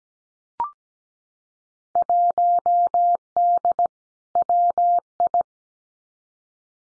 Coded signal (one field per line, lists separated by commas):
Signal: Morse code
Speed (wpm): 17 wpm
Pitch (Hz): 700 Hz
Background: none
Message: 1D WI